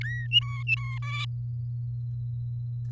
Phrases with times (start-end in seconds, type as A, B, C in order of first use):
0.03-0.27 A, 0.31-0.98 B, 1.02-1.25 C